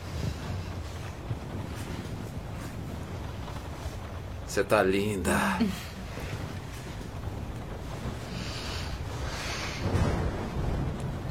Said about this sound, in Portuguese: O que tá pegando essa noite? Essa tempestade tá uma loucura, né?